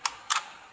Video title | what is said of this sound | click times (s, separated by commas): Unit mo sir estimo sir🫡from ilo-ilo city( thanks po sa tiwala)PVC toygun only butane power multishot | So, mag-click siya, no? | 0.1 s